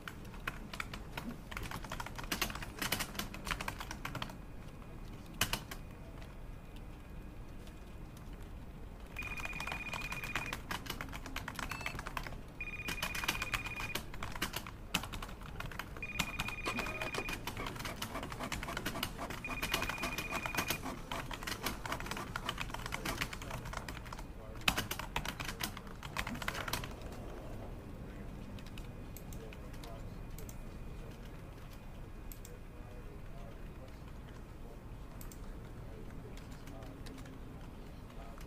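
Office conversation mixes with steady keyboard typing, dense clicks and taps running through the whole stretch. A phone rings in short repeated bursts between roughly 9 and 21 seconds, over a constant low machine hum with a few louder clatters near 25 seconds.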